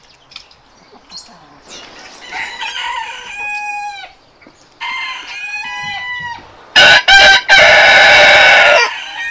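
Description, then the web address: Chicken crowing: softer harmonic clucks and drawn-out calls at first, then a loud harsh crow of two short bursts and one long sustained note at the end. "aso-bit 2018 chicken"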